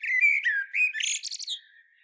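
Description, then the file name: Common blackbird song phrase: a rich, low warbled whistle that turns into a rapid high chattering flourish and fades away. "Turdus merula"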